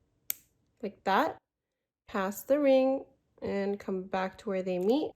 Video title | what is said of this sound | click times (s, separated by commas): DIY Cross Pearl Earring Tutorial, how to properly open and close jump rings | you hear a slight click like | 0.3 s